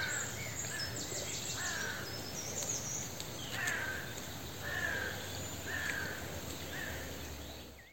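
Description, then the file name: Carrion crow: harsh, hoarse caws repeated at irregular intervals of one to two seconds against a loud, rushing background noise. "Corvus corone"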